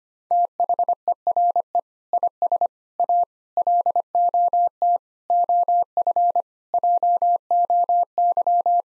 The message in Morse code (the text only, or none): THERE IS A LOT OF JOY